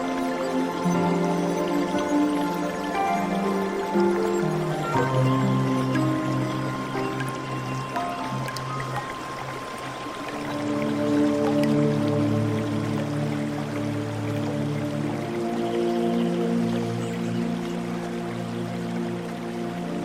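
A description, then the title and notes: Soft, sustained zen music with layered tones shifting about every five seconds, over a faint trickling, dripping water texture throughout. Nature Sounds, Zen Music.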